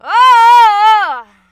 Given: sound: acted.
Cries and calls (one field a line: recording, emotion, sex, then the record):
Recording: nonverbal affect burst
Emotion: anger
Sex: female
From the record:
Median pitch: 417 Hz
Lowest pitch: 166 Hz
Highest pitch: 517 Hz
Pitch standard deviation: 113 Hz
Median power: 83.1 dB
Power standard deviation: 17.5 dB